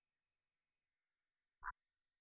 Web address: Agalychnis moreletii